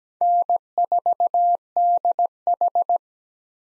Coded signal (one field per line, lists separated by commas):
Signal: Morse code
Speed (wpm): 17 wpm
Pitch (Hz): 700 Hz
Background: none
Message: N4DH